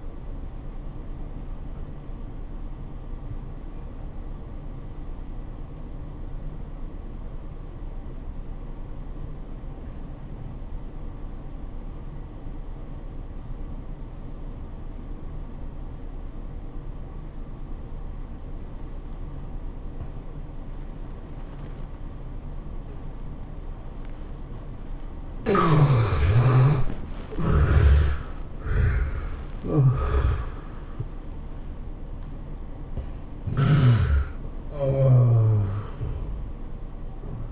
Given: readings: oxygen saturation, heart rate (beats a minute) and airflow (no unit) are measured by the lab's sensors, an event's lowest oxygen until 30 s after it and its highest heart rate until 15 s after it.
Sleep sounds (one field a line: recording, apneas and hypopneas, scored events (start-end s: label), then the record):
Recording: breathing in sleep by a smartphone at the bedside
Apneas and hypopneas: 1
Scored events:
1.00-31.00 s: new sleep stage, N2 (light sleep)
3.00-25.30 s: obstructive apnea (N2, oxygen 97% highest, then 72% lowest, heart rate 90 at the start, 108 highest)
31.00-37.52 s: new sleep stage, N1 (lightest sleep)
From the record:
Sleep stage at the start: N1 (lightest sleep)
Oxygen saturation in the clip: 75 to 97%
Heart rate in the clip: 76 to 108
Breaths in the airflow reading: 3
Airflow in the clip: -15.6 to 22.8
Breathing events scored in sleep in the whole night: 403 in 5.5 hours asleep